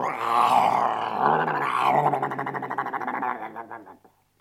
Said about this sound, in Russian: Когда Сюди снова пришел в лес, тигр выскочил из-за дерева и зарычал еще громче и страшнее, чем в первый раз.